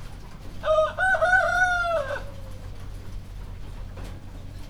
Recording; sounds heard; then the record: poultry house recording; healthy chickens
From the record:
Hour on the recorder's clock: 2